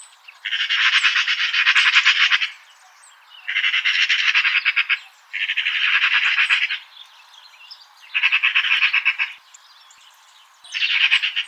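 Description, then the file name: Eurasian magpie chattering in five harsh, rattling bursts, the longest about two seconds, separated by short pauses. "Pica pica"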